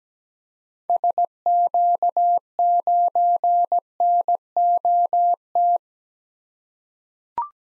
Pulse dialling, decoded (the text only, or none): none